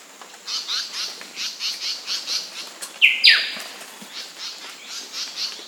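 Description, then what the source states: Bird calls, rapid high chirps repeated several times a second, broken by one loud harsh squawk near the middle, then the chirping resumes. Recorded in Papua New Guinea.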